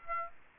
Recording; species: mosquito wingbeat signal from an infrared sensor; Aedes aegypti